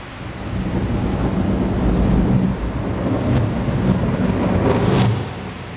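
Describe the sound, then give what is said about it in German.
A tropical thunderstorm over a rainforest: a steady, dense roar of heavy rain with deep rumbling thunder rolling underneath, a few sharper crackles near the end, and no voices. “Dazu tobt der Sturm und der Regen gießt herab, den man eigentlich nicht mehr Regen nach unseren zahmen Begriffen nennen kann.”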